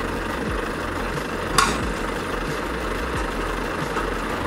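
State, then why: Seated. A truck tractor reverses under a semi-trailer over a steady idling diesel rumble, and the fifth-wheel coupling closes on the trailer kingpin. A sharp, loud metallic clunk at 1.6 s is the steel jaw locking, and the coupling is seated.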